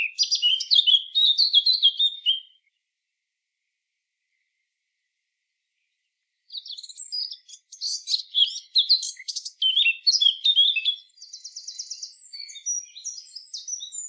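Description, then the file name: Eurasian blackcap song: a short warbled phrase, a long pause of about four seconds, then a longer rich warble with scratchy notes and a fast buzzy trill near the end. "Sylvia atricapilla"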